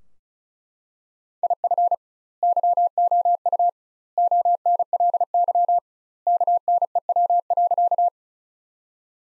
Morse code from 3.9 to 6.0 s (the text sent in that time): ONLY